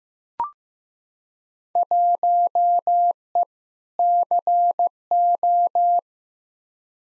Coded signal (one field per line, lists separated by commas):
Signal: Morse code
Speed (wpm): 15 wpm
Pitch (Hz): 700 Hz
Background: none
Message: 1E CO